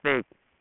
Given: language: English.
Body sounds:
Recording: throat vibration sensor signal played as sound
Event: speech

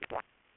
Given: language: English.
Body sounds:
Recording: throat vibration sensor signal played as sound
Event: swallow

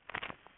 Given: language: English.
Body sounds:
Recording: throat vibration sensor signal played as sound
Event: swallow

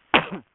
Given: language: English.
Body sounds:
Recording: throat vibration sensor signal played as sound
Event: cough

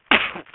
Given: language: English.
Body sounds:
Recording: throat vibration sensor signal played as sound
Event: cough

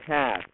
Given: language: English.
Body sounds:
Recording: throat vibration sensor signal played as sound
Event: speech

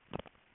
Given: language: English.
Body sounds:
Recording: throat vibration sensor signal played as sound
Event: swallow

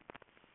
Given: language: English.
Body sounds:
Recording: throat vibration sensor signal played as sound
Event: swallow

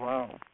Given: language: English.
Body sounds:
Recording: throat vibration sensor signal played as sound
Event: speech

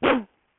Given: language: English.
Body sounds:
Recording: throat vibration sensor signal played as sound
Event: cough

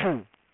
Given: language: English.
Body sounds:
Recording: throat vibration sensor signal played as sound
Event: throat clearing

